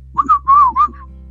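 A sudden, loud burst of whistling, several quick wavering notes over about a second, breaks into an otherwise quiet stretch with a faint low hum. This is an adult with Tourette syndrome making a whistling vocal tic, an abrupt, involuntary sound.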